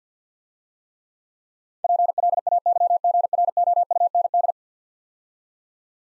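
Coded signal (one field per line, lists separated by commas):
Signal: Morse code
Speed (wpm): 50 wpm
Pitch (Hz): 700 Hz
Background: none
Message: PLAYGROUND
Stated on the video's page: Morse speed drill of easy words at 50 wpm with contextual hints.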